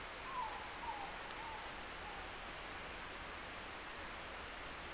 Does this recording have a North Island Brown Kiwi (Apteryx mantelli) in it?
no